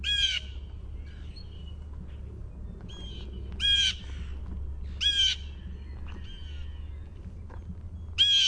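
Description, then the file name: Blue jay calling with rasping jeers, several loud notes at irregular intervals with quieter calls in between, over low-pitched background noise. "BLJA jeer"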